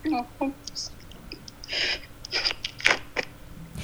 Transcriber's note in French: elle sanglote